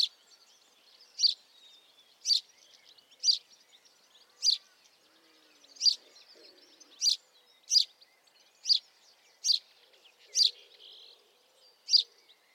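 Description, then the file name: House sparrow giving loud, sharp single chirps, repeated roughly once a second in a steady series, with faint twittering in the background. "Passer domesticus"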